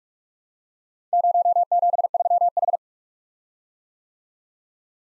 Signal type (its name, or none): Morse code